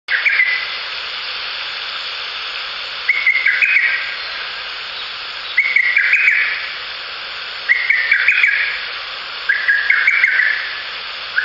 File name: ホトトギス 遠藤